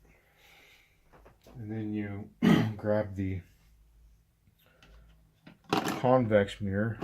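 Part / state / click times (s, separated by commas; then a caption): convex spotter mirror glass into tow mirror housing / not seated / none. Someone talks while the convex spotter mirror glass is picked up and lined up with the housing of a 2003–2007 Chevy/GMC dual function tow mirror, ready to be pressed in. Only faint handling taps and rustles are heard between the speech. Nothing has seated or clicked yet.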